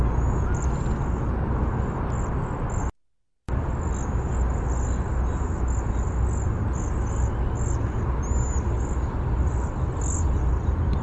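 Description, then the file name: Cedar waxwing making high, hissing, thin calls in quick succession, with a brief silent dropout near three seconds and a low rumble underneath. Bzee-seee call type. "CEDW bzee seee"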